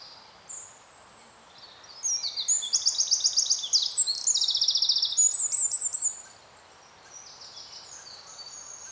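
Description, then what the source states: Bird song, a brief chirp, then a long bright burst of fast, high repeated trilled notes lasting about four seconds, followed by quieter scattered twitters over light background hiss. Soundscape.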